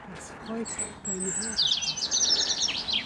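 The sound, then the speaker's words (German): A bird sings loudly in a rapid run of high, bright chirps and descending whistled notes, preceded by a brief low human voice. “Ich verstehe nichts, der Vogel ist so laut.”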